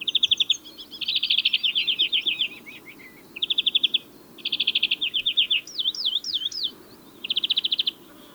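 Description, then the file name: European greenfinch song: fast rolling trills repeated in bursts, a run of looping whistled notes, then another rattling trill. "Chloris chloris"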